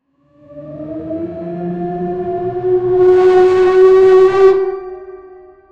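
Wolf howl: a long, slightly rising, siren-like tone that swells in strength, holds steady, then slowly fades away.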